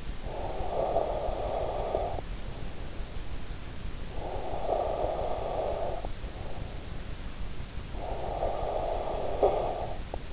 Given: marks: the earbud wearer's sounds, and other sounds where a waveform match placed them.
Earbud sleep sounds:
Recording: sounds in sleep by an in-ear microphone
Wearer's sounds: breath, snoring breath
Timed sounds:
0.00-2.57 s: breath
3.99-6.27 s: breath
7.79-10.33 s: snoring breath

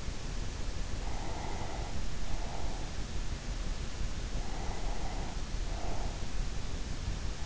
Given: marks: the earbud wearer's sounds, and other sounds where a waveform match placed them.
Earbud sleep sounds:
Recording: sounds in sleep by an in-ear microphone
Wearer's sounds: breath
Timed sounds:
0.95-3.07 s: breath
4.50-6.53 s: breath

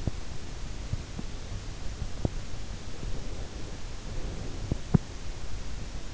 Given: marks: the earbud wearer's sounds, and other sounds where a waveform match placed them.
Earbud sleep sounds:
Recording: sounds in sleep by an in-ear microphone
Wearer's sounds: breath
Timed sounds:
3.02-4.61 s: breath

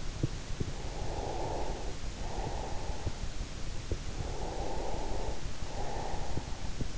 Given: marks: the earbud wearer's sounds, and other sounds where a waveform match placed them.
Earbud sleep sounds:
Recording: sounds in sleep by an in-ear microphone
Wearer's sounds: breath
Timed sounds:
0.67-3.53 s: breath
4.18-6.65 s: breath

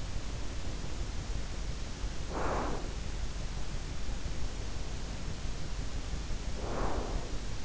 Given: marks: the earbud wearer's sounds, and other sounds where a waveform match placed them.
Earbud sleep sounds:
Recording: sounds in sleep by an in-ear microphone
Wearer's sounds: breath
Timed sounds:
0.21-2.94 s: breath
4.28-7.65 s: breath

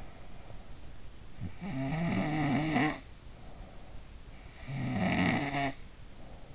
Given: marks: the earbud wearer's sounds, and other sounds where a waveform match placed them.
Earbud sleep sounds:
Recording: sounds in sleep by an in-ear microphone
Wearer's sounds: snoring breath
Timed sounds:
0.92-3.38 s: snoring breath
4.18-6.35 s: snoring breath

